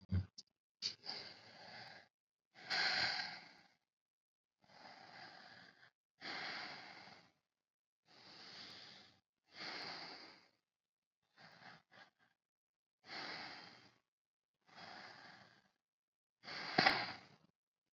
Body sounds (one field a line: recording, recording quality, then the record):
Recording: deep breathing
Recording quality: excellent, no background noise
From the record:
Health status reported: COVID-19 positive, mild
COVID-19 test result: positive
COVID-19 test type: rapid antigen test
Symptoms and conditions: cough, fever, fatigue, muscle pain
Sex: male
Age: 44 years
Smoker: no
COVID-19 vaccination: both doses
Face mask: worn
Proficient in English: yes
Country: India